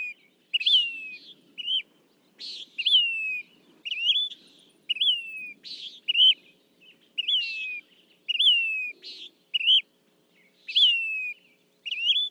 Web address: birdsongforthecurious Say's Phoebe